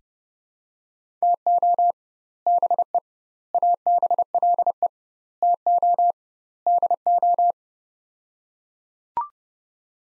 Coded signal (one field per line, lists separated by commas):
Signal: Morse code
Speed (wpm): 30 wpm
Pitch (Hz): 700 Hz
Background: none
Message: TO BE ABLE TO DO